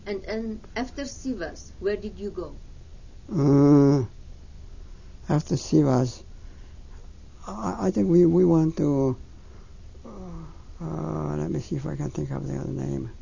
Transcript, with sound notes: And after Sivas, where did you go?
After Sivas, (he pauses) I think we, we went to, let me see if I can't think of the other name.